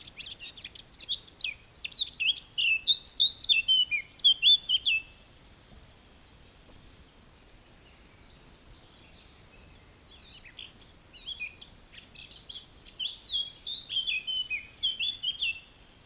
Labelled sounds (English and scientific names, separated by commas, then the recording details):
Eurasian Blackcap (Sylvia atricapilla) song
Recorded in the wild
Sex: male
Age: adult
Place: Bielefeld-Senne, Teutoburger Wald, Nordrhein-Westfalen, DE
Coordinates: 51.9836, 8.55306
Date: 1967-06-18
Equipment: Uher 4000 Report-S, Bändchenmikro Beyer M 260, Parabolspiegel Polyester (470 mm)
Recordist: Conrads, Klaus